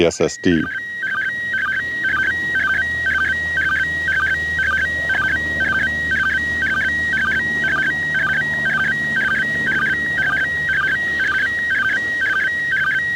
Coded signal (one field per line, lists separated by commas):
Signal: SSTV (slow-scan television)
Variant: PD 120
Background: speech